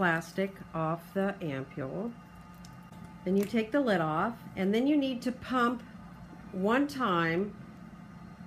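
Someone talks while handling a plastic medication reconstitution device with its lid off, about to pump its plunger once to open the internal chambers before the medication ampule goes in. Nothing has clicked or seated yet by the end of the clip.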